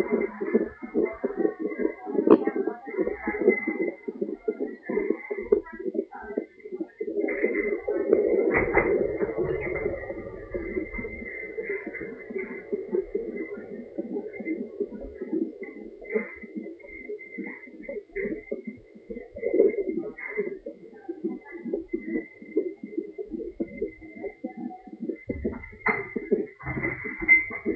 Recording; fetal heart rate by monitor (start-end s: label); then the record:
fetal heart sounds by stethoscope on the mother's abdomen
0.00-10.00 s: 138 bpm
10.00-20.00 s: 138 bpm
20.00-27.75 s: 141 bpm
From the record:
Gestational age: 37 weeks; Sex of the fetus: girl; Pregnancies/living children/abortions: 1/0/0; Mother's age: 42 years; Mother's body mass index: 28.9